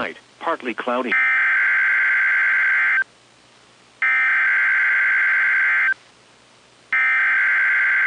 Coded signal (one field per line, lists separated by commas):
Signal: Emergency Alert System (SAME) tones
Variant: header bursts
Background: speech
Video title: Severe Thunderstorm Watch #66 On KIH42 EAS #162